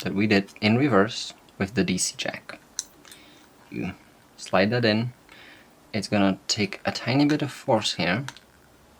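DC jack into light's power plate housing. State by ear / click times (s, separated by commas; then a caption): not seated / none. A DC jack is slid into the power plate housing of an M-Lite REVO light's D-Tap power plate, while someone talks throughout. Brief handling sounds are heard as the part is positioned, but nothing has seated or clicked yet.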